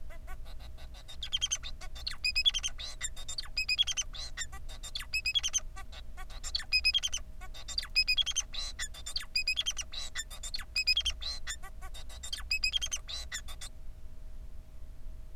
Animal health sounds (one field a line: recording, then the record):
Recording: song of a male Bengalese finch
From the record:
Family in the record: son of father 4